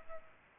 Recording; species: mosquito wingbeat signal from an infrared sensor; Culex pipiens